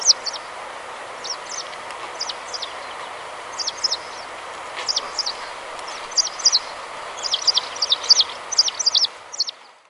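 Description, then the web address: Asian house martin twitters: brief high chirps, often in pairs or short clusters, repeated throughout and quickening toward the close, against a constant noisy hiss. Recorded in Taiwan. "東方毛腳燕"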